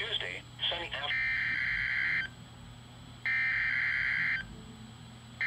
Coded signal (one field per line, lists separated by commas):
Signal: Emergency Alert System (SAME) tones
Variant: header bursts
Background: speech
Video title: Required Weekly Test 6/27/18 (EAS #18) KWO37